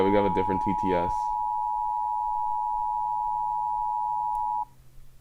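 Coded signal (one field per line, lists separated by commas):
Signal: Emergency Alert System (SAME) tones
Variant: 853 and 960 Hz attention tone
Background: speech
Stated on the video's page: Fictional scenario alert, not a real broadcast.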